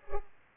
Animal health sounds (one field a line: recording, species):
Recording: mosquito wingbeat signal from an infrared sensor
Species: Culex pipiens